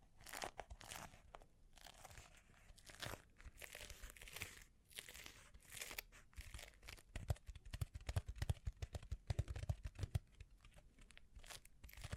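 Bling bling triggers: crinkly, crunchy handling sounds with bright rustling bursts and scattered sharp clicks. The texture stays busy throughout, and after about seven seconds it turns into rapid, dense tapping with soft low thumps mixed in.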